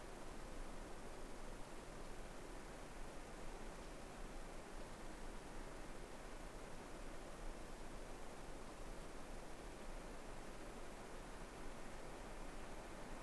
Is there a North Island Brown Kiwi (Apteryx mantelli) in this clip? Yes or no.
no